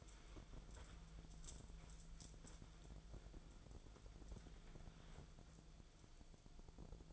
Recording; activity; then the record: daily activity, microphone in the room; wipe stove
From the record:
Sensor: 5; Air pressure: 1000.6 hPa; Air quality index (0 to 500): 156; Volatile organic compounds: 2 ppm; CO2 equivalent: 1195 ppm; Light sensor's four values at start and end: 48/102/47/53 and 48/102/47/52